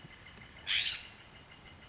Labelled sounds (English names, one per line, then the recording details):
California Scrub-Jay
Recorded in Sonoma County, California